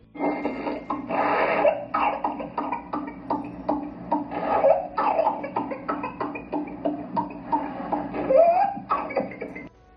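A child coughs in rapid runs of short, harsh bursts, about fifteen in ten seconds, with little air between them and a rising, squeaky drawn-in breath near the end. These are paroxysmal coughing spells typical of whooping cough (pertussis).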